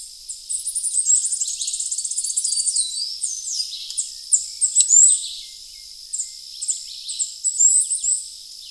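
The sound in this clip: Bird calls open with a fast rattling trill, then scattered sharp chirps and slurred whistles over a steady high hum.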